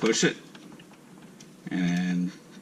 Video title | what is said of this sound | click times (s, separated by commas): Saturn Sky center console install | mine's broken you're not gonna hear the audible click | none